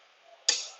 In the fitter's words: we'll see for that click again